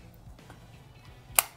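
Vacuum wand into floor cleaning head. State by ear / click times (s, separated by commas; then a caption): seated / 1.4 s. The extension wand of a Dyson Omni Glide vacuum is pushed into its floor cleaner head against a low background rumble with a few faint soft taps. It latches with one sharp, bright click at 1.4 s, and the head is seated on the wand.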